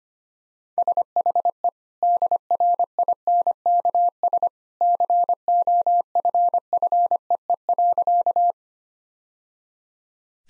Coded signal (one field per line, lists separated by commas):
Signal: Morse code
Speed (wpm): 25 wpm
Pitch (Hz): 700 Hz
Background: none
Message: SHE DRINKS COFFEE.